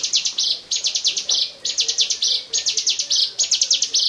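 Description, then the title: Bar-winged prinia giving high rattling phrases with a harsh buzzy ending, delivered in quick succession. "Suara Burung Ciblek"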